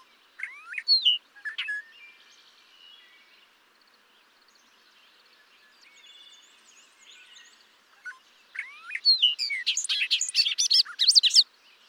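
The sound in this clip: Bobolink song: two short bursts of rich notes, a long quiet stretch of faint chatter and a wavering whistle, then a loud rollicking jumble of tinkling notes.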